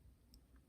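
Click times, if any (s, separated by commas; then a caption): none. A small vintage Avon metal locket has its lid closed onto its body. It makes only faint contact ticks, including a brief high tick near 0.3 seconds and a softer one around 0.6 seconds. The closure does not latch, and nothing has clicked shut.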